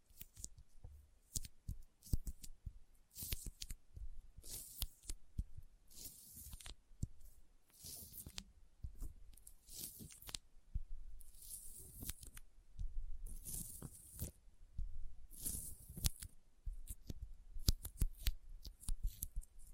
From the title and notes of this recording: ASMR Intense Sticky Finger Sounds (No Talking).